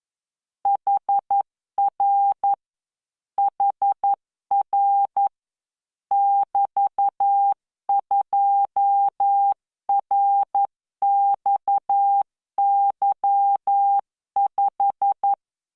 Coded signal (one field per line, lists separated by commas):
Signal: Morse code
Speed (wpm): 11 wpm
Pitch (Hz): 800 Hz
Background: none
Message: HR HR <BT>2RXY5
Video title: tamanのモールス練習動画7（モールス信号 速度11WPM スペース標準）Learn Morse Code